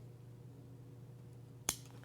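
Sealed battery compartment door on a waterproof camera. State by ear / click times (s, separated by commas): seated / 1.7 s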